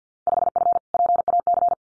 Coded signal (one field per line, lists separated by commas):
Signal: Morse code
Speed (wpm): 48 wpm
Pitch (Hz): 700 Hz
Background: none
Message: 5F PAC